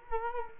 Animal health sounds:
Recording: mosquito wingbeat signal from an infrared sensor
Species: Culex quinquefasciatus

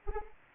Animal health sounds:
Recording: mosquito wingbeat signal from an infrared sensor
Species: Anopheles arabiensis

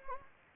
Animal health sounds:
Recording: mosquito wingbeat signal from an infrared sensor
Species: Anopheles gambiae

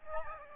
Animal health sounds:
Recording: mosquito wingbeat signal from an infrared sensor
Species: Aedes albopictus

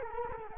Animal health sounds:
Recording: mosquito wingbeat signal from an infrared sensor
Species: Culex quinquefasciatus

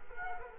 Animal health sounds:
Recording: mosquito wingbeat signal from an infrared sensor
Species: Culex quinquefasciatus

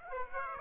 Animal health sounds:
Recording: mosquito wingbeat signal from an infrared sensor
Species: Aedes aegypti

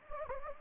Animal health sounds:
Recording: mosquito wingbeat signal from an infrared sensor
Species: Anopheles gambiae

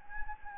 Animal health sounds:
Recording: mosquito wingbeat signal from an infrared sensor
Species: Anopheles gambiae

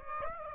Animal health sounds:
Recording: mosquito wingbeat signal from an infrared sensor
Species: Aedes aegypti

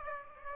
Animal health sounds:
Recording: mosquito wingbeat signal from an infrared sensor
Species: Aedes aegypti

